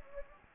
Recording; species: mosquito wingbeat signal from an infrared sensor; Anopheles gambiae